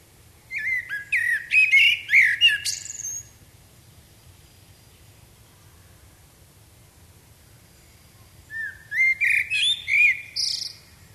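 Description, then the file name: Common blackbird song: two mellow fluted warbling phrases, each ending in a high scratchy twitter, separated by several seconds of quiet. "Turdus merula"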